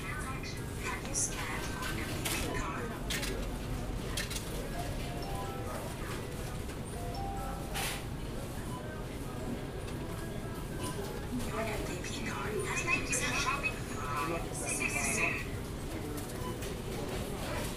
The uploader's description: Standing in an aisle at Food Lion on Plaza. Featuring the self-checkout machines, customers and grocery carts.